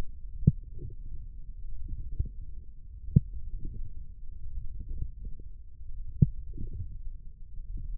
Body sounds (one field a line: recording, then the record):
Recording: forearm muscle sounds (acoustic myography)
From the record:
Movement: forearm pronation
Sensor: system 1, eight BSWA MPA416 microphones around the upper forearm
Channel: 1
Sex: male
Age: 20 years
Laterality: left